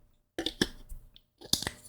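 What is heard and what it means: A removable battery is being handled into a lightsaber's electronics chassis, next to the circuit board and kill switch. Short bursts of handling clicks and scrapes come around 0.4–0.6 s and again around 1.5–1.7 s, with quiet gaps between. The battery has not seated or snapped into place yet.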